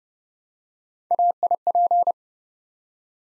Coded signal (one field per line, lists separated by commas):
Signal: Morse code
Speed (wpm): 30 wpm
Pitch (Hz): 700 Hz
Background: none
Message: AIP